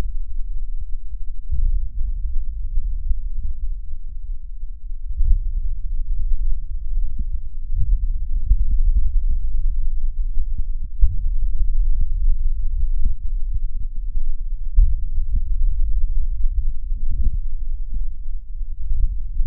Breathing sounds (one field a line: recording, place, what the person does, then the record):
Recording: lung sounds by stethoscope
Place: right anterior apical chest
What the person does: quiet breathing, then deep breathing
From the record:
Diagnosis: COPD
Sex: male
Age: 80 years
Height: 171 cm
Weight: 75 kg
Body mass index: 25.6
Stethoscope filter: bell mode